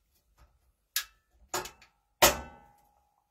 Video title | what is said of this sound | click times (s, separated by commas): Dryer Repair part 1 | nice solid click | 1.0 s